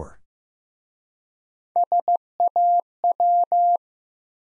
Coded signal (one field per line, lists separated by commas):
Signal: Morse code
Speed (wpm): 15 wpm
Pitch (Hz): 700 Hz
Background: none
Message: SAW